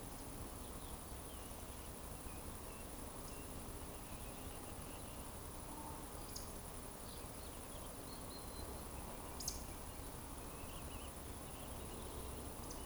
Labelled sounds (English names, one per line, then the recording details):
Eurasian Woodcock whistle
Eurasian Woodcock croak
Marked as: whistle, whistle, whistle, croak, whistle, whistle
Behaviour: display flight
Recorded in Baden-Württemberg, Germany, on 25 June 2020 at 20:01 UTC
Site 24578, 122 m above sea level